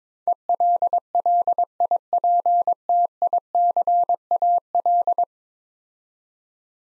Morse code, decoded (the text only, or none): ELLIPTICAL